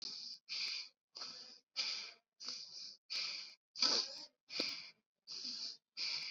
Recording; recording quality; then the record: shallow breathing; excellent, no background noise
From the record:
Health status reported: COVID-19 positive, mild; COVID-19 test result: positive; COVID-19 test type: RT-PCR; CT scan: not taken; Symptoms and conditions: cough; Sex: female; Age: 19 years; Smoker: no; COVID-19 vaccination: both doses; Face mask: worn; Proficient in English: yes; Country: India